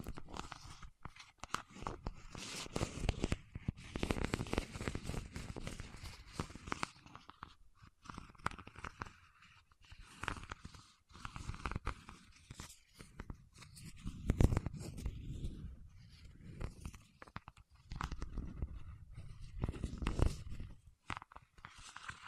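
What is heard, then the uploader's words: Fingertips working wax make sticky crackling and peeling sounds in irregular bursts, busiest from about 1 to 7 seconds and again in later spells. Sharp clicks stand out near 14 and 20 seconds, with a soft low rumble under the busier stretches. ASMR with Wax Fingertips for Sleep (No Talking).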